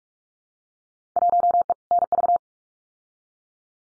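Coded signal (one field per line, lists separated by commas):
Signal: Morse code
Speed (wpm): 44 wpm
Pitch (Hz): 700 Hz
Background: none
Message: 1E NV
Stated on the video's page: Morse drill of Field Day exchanges at 45 wpm, each sent, spoken, then sent again for head-copy practice.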